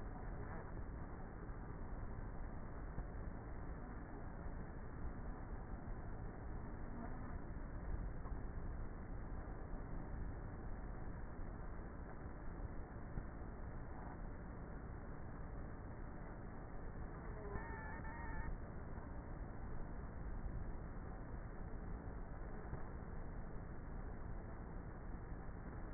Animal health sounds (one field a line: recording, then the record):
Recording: honeybee colony, microphone inside the hive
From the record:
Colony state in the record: queenless with a low population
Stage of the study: before two queens were removed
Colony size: about 30,000 bees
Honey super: no